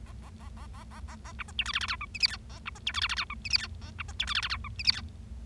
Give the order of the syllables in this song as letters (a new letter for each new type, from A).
A A A A A A A A B C D E F F G H I J K A B C D E F F G H I J K A B C D E F F G H I J K